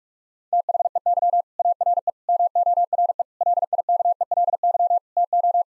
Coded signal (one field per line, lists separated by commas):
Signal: Morse code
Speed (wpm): 46 wpm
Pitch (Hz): 700 Hz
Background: none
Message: THEY ARE MORE LIKELY TO